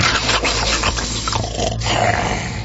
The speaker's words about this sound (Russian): Вот легла прямо на пол между партами и захрапела.